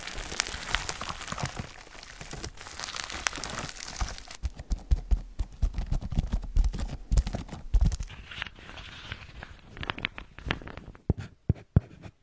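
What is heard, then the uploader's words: Water flow is tapped, smeared and torn with massaging hands, making dense crinkly, tearing noise. The first four seconds are a bright wash; after that it breaks into choppier smears and quick taps, ending in sharp isolated clicks with gaps of quiet. Tapping the water flow, smearing and tearing massage.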